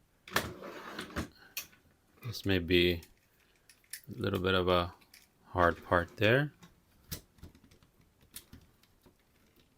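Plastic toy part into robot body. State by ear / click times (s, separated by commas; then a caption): not seated / none. A stiff plastic toy part is being worked into the body of a Playmates Mighty Morphin Power Rangers Season 2 Thunder Megazord robot, with short sharp plastic taps and knocks of handling between stretches of talking. Someone talks. Nothing has seated or clicked into place yet.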